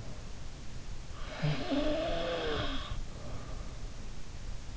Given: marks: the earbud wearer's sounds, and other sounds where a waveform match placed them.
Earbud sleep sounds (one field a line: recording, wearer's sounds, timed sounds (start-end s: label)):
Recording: sounds in sleep by an in-ear microphone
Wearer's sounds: snoring breath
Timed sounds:
1.23-3.72 s: snoring breath